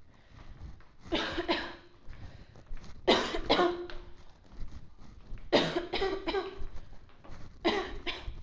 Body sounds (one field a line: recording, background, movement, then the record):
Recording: voluntary coughing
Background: quiet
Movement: walking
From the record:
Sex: female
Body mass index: 18.3 kg/m2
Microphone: on the chest, facing outward